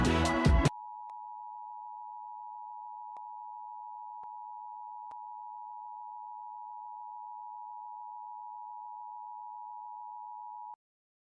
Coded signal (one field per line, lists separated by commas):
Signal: Emergency Alert System (SAME) tones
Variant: 853 and 960 Hz attention tone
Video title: LIVE AM/MW DX: DX Central Live - S. 4, Ep. 2 | Friday, January 12, 2024